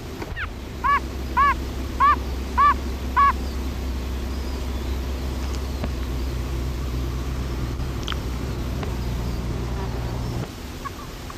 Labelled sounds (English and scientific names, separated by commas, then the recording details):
Yellow-Bellied Toad (Bombina variegata) call
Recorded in the wild
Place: Tannenberg, DE
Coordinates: 50.7819, 8.73139
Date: 1964-06-18 20:00
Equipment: Uher Report 4000, AKG D190
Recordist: Krey, Winfried